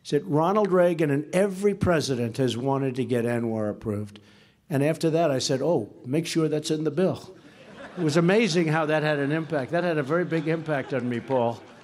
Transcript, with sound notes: He said, “Ronald Reagan and every President has wanted to get ANWR approved.” And after that, I said, “Oh, make sure that’s in the bill.” (Laughter.) It was amazing how that had an impact. That had a very big impact on me, Paul.